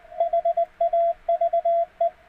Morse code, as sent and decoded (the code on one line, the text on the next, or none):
.... .- ...- .
HAVE